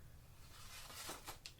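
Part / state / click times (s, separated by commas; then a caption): sear in a rifle trigger group / partly seated / 1.5 s. A steel sear in a rifle trigger group, tested after a trigger job that shortened the sear face, drops with a short, sharp click at 1.4 seconds. Softer broadband rustles come before it around 1.0–1.3 seconds. The sear does not go all the way in because there isn't enough clearance.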